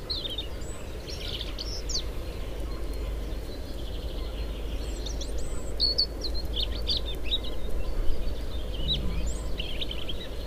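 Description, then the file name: European robin song: brief bursts of thin, high, tumbling notes separated by short pauses, with a low steady rumble throughout. "Erithacus rubecula"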